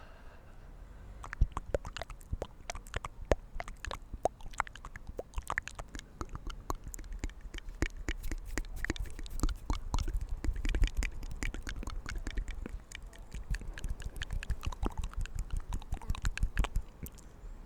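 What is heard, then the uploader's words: Soft mouth and hand sounds outdoors: dense, irregular clicks and taps patter throughout, over a low steady rumble that swells slightly midway. ASMR Inaudible Mouth Sounds & Hand Sounds In Nature.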